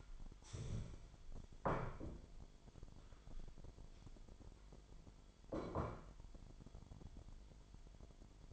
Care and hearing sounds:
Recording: daily activity, microphone in the room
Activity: stand up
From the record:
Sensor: 5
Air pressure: 998.6 hPa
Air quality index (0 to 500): 85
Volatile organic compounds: 1 ppm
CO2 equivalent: 964 ppm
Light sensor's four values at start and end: 41/100/42/46 and 41/100/41/46

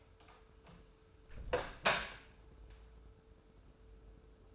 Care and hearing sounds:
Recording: daily activity, microphone in the room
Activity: close door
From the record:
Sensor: 2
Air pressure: 1015.0 hPa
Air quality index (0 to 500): 116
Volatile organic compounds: 3 ppm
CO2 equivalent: 1474 ppm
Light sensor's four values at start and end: 13/35/14/15 and 13/35/14/15

